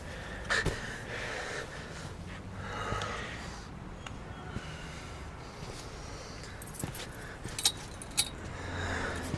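Keys jingle and clink as someone leaves them behind and walks away, a few bright metallic rattles and taps over a low steady background hiss, with no one speaking.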